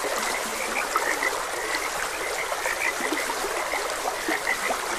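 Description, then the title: Frog chorus of brief clicking croaks repeating irregularly throughout, against a steady broad hiss of running stream water. Frogs croaking beside a gentle stream. "Gentle Stream and Frogs Croaking"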